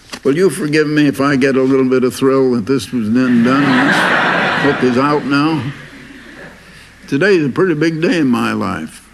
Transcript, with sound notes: But you’ll forgive me if I get a little bit of thrill that this was then done now, [laughter] book was out now. Today is a pretty big day in my life,